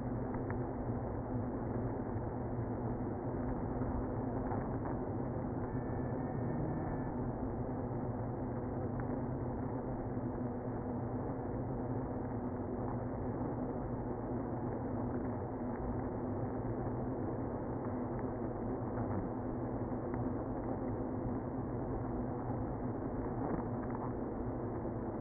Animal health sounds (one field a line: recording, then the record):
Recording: honeybee colony, microphone inside the hive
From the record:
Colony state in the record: queenless (queen removed)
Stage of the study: after two queens were removed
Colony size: about 60,000 bees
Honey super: yes